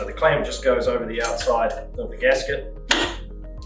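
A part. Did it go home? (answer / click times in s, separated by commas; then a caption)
yes / 2.9 s. A stainless quick-connect clamp is closed over the gasket joining a lipped spigot to a pipe ferrule while someone talks. The clamp snaps shut with a sharp click at 2.9 s, and it is seated and secured.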